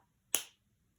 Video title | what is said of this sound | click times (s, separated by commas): Learning Binder and Supplies | you put the cap back on and you have to hear that click okay | 0.4 s